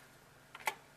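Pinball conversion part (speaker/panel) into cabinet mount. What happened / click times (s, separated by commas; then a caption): The part clicked into place / 0.7 s. A pinball conversion part (speaker/panel) is pushed into its cabinet mount. After a faint knock at 0.6 s, it gives a sharp click at 0.7 s as it finally clicks into place, seated.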